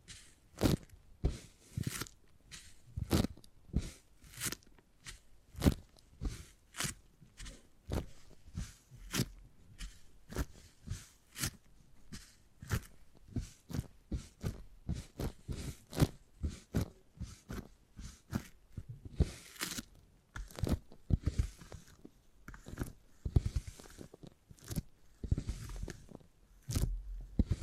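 Beeswax being handled makes quick, crisp crunching and crackling sounds, each a short sharp snap reaching into the highs. They come densely and irregularly throughout, often in fast bursts, with a low soft rustle underneath between the snaps.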